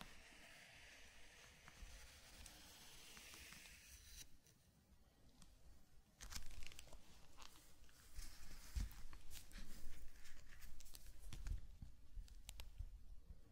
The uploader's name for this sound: Zen Garden - Sand Crinkle Brushing Tapping Cup Sounds